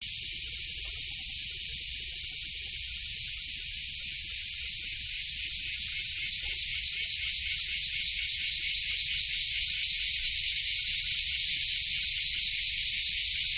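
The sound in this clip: Cicada song: a continuous high, rasping buzz with a fine rapid flutter, growing slightly louder halfway through, over a low background rumble.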